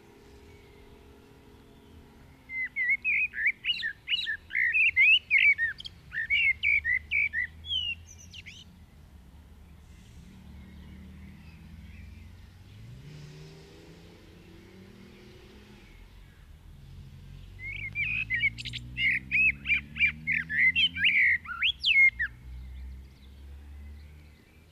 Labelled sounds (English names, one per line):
Common Blackbird song